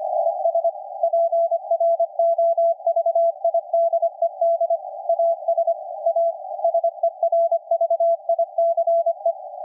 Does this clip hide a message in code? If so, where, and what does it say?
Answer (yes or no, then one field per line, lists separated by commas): yes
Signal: Morse code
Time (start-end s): 0.2-9.3 s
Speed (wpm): 25 wpm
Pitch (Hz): 670 Hz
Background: none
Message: IS PROVIDED AS A SERVICE